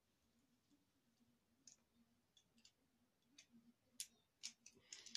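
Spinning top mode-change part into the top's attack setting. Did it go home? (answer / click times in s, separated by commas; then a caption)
yes / 4.0 s. A plastic spinning top named Achilles is switched by hand into attack mode, its mode-change part going into the top's attack setting. Faint clicks and ticks lead up to a sharp click at 4.0 s, which confirms the top is in attack position, followed by a few more brief plastic clicks.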